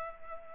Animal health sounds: mosquito wingbeat signal from an infrared sensor; Culex pipiens

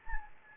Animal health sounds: mosquito wingbeat signal from an infrared sensor; Anopheles gambiae

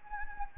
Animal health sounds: mosquito wingbeat signal from an infrared sensor; Anopheles gambiae

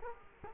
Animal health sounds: mosquito wingbeat signal from an infrared sensor; Culex quinquefasciatus

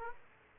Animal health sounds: mosquito wingbeat signal from an infrared sensor; Aedes aegypti

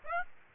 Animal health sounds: mosquito wingbeat signal from an infrared sensor; Aedes aegypti

